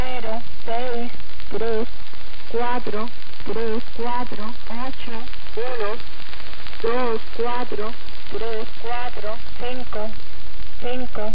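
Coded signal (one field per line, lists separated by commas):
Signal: numbers station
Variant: HM01, Spanish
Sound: a voice reading numbers in Spanish, short words evenly spaced, over steady hiss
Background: radio static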